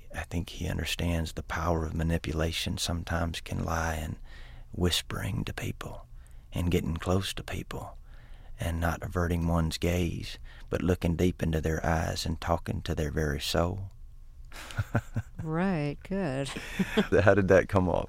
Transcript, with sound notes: I think he understands the power of manipulation sometimes can lie in whispering to people and getting close to people and not averting one's gaze, but looking deep into their eyes and talking to their very soul.
(SOUNDBITE OF LAUGHTER)
Right, good.
How did that come off?